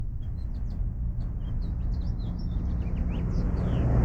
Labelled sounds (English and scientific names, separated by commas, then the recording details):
House Finch (Haemorhous mexicanus) song
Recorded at Hewlett on Long Island, New York, on 10 June 1975
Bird A